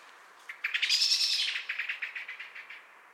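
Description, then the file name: Common blackbird giving a harsh, rapid chattering call: a burst of loud clipped notes that builds quickly, then fades through a series of evenly spaced chacks. "Turdus merula"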